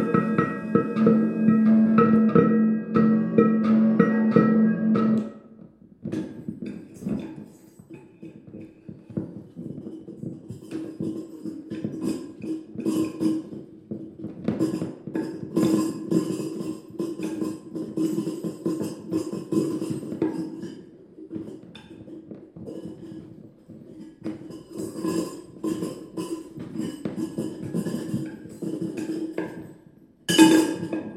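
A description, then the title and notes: Junk on a tabletop is struck, scraped and rattled in an improvised performance. The first five seconds hold a dense, ringing metallic drone with a low hum, then a busy, uneven stream of clinks, taps and scrapes continues, with a loud rattling burst near the end. Tabletop improv with contact mic. Improvisation using a table top full of junk and a contact mic in my music room in Patea.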